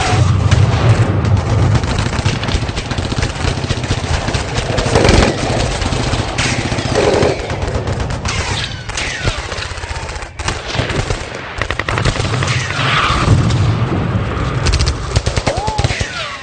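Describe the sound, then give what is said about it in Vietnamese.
Heavy, continuous gunfire from all kinds of large and small guns fills the whole stretch, rapid machine-gun bursts crackling over a dense low rumble, loud and relentless with no pauses and no voices. “Nhâm chưa kịp nhìn xem tên Tây ấy có chết thật chưa để còn xung phong ra cướp khẩu FM từ bên kia đầu cầu, đủ loại súng lớn nhỏ quặt thẳng về phía bọn Nhâm đang nức như mưa bất.”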